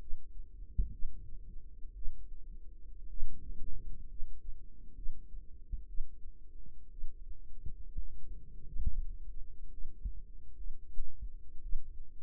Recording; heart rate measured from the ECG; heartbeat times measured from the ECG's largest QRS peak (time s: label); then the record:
heart sounds by microphone in the right ear; 62 bpm
0.90 s: heartbeat
1.93 s: heartbeat
3.08 s: heartbeat
4.07 s: heartbeat
4.94 s: heartbeat
5.86 s: heartbeat
6.89 s: heartbeat
7.96 s: heartbeat
8.89 s: heartbeat
9.69 s: heartbeat
10.55 s: heartbeat
11.60 s: heartbeat
From the record:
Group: healthy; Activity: rest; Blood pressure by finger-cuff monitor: 87/60 mmHg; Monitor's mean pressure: 68 mmHg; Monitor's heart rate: 58 bpm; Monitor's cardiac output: 4.3 L/min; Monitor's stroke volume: 73 mL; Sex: female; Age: 36 years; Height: 163 cm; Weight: 88 kg